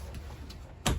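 Two travel latches holding a fold-down couch bed in a 2021 Wildwood 171RBXL RV trailer are undone before being pulled in, and they click open and release. Two short sharp clicks are heard at 0.5 s and 0.9 s, the second much louder. No one talks.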